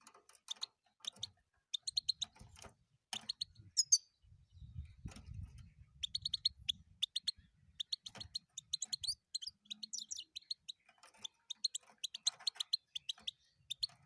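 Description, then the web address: European goldfinch song, a long sequence of rapid high twittering phrases and chirps, with a brief low rumbling noise in the middle. "penie schegla"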